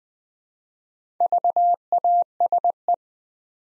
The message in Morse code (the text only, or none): VASE